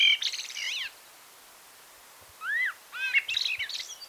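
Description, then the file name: Common blackbird song phrases: a burst of slurred, fluty whistles with a twittery edge, a pause of over a second, then a rising-falling whistle and a busier chattering run. "Turdus merula"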